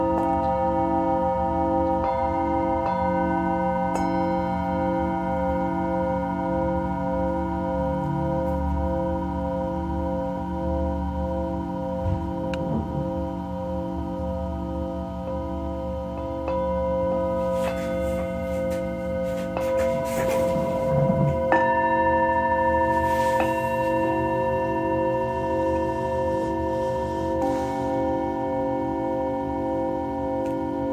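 A singing bowl rings with steady, layered sustained tones, overlapping with soft new strikes and brief brushing noises around twenty seconds.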